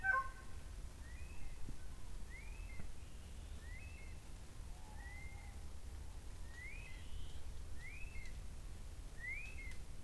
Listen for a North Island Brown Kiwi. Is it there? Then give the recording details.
yes. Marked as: faintness 4/5. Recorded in New Zealand on 24 November 2013. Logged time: 03:42. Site CF70